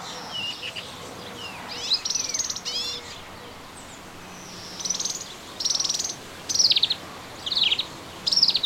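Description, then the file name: Melodious warbler song: short bursts of rapid, varied chirping notes high in pitch, several phrases separated by brief pauses, with faint steady background hiss. Recorded in a garden on 25 June 2017. "Orpheusspötter 2017 06 25 Garten"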